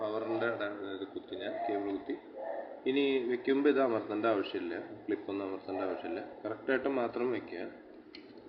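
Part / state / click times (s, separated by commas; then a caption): 3.5-inch hard drive into a DVR drive mount / seated / 8.1 s. A 3.5-inch hard drive is set into its slider slot in a Hikvision DVR drive mount, with no clip pressed, while someone talks. A short, sharp click at 8.2 s marks the drive locking into the mount, seated correctly.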